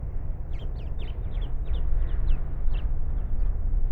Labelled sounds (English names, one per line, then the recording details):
House Finch song
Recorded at Wantagh on Long Island, New York, on 21 May 1975
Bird B